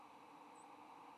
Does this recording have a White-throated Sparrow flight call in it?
no